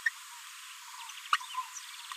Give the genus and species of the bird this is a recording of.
Forpus passerinus